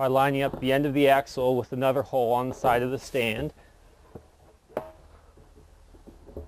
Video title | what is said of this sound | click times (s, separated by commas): Compost Tumbler Assembly - Backyard Gardening | and again the axle also just locks into place | 4.8 s